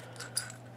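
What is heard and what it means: A small plastic cover piece is fitted onto the second track assembly of an RC4WD Predator Tracks set for an RC crawler. A light clatter at 0.2 s is followed by a sharp snap at 0.4 s as the cover seats into place, with a steady low hum underneath.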